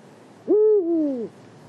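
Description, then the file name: One Eurasian eagle-owl call, about three-quarters of a second long, steady at first then bending gradually downward, over quiet background noise. Marianka, Slovakia, 2012. "Bubo Bubo Marianka Slovakia 2012"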